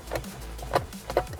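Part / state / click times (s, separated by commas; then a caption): horn pad into steering wheel mounting holes / not seated / none. A horn pad with three mounting feet is handled over the steering wheel of a 79 Series Toyota LandCruiser, ready to be pressed into its three mounting holes. Two brief handling knocks stand out at about 0.8 and 1.2 seconds over a low background hum. Nothing has seated or clicked in yet.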